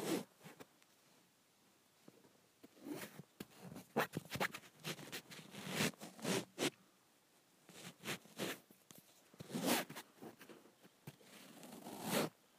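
Lotion is squeezed and shaken out of the bottom of a bottle, making bursts of rough, wet squelching and scraping. The sounds come in irregular clusters, busiest from about three to seven seconds and again near ten seconds, with short quiet gaps between.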